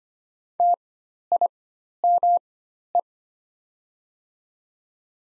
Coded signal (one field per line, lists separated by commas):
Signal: Morse code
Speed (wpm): 25 wpm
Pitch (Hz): 700 Hz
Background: none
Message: TIME